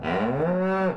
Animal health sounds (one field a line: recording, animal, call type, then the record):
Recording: contact call of a hoofed animal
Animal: cattle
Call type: low-frequency (closed-mouth) or high-frequency (open-mouth) call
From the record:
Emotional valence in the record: negative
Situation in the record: full separation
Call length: 0.98 s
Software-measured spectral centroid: 1060 Hz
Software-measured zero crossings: 1110 a second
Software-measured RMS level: -24 dBFS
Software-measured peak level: -13 dBFS